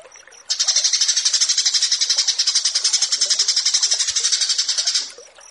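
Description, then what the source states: Australasian bushlark song, a loud, very high, fast pulsing rattle held steadily for about four and a half seconds. Masteran (song tutor) recording of a branjangan.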